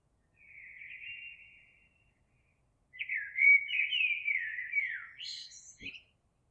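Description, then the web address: Eurasian blackbird song: a soft sustained fluted note, then a louder, flowing warbled phrase with a high squeaky finish and a brief click. Recorded on 26 April 2022. "oiseaux Merle 2022 04 26"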